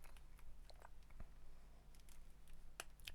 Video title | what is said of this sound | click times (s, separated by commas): Jaeger-LeCoultre Master Ultra Thin Date 4K Watch Review | Beautiful, nice positive click when one closes the deployant. | 2.8 s